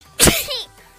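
A single adult sneeze about half a second long: a sharp, hissing burst of breath followed by a short voiced tail that falls in pitch. It is an ordinary, isolated sneeze.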